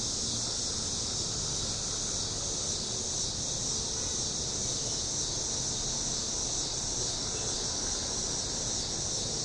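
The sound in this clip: Cicadas singing a constant shrill, sizzling drone.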